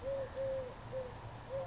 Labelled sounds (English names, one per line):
Eurasian Collared Dove